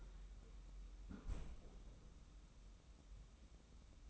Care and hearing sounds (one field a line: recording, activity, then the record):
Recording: daily activity, microphone in the room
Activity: close fridge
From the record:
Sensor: 1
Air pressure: 994.4 hPa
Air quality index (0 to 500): 222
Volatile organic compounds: 1000 ppm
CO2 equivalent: 7972 ppm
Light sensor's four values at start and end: 137/314/140/154 and 137/314/140/154